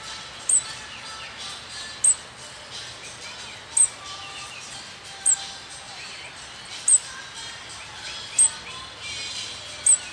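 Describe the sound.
Crimson-backed flowerpecker call: sharp high thin notes given roughly every one and a half seconds against a constant noisy background.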